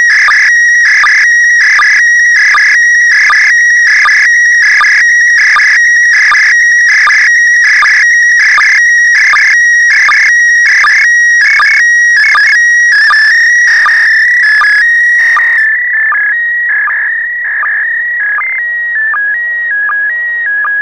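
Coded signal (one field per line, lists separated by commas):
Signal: SSTV (slow-scan television)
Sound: warbling tone shifting between pitches, with rhythmic short low chirps repeating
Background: radio static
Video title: SSTV decoding from ISS pass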